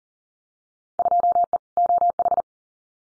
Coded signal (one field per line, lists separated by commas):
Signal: Morse code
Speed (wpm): 40 wpm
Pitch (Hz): 700 Hz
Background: none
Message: 2E OH